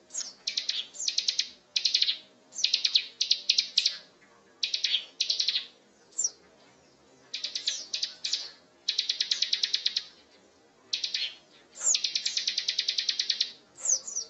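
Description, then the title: Prinia song: repeated buzzy, rattling trill phrases, each about a second long, with brief gaps between them. Masteran tutor recording of mountain ciblek song for training birds, described as gacor, meaning singing vigorously and continuously. "Burung Ciblek Gunung Masteran Gacor Kicau Mania"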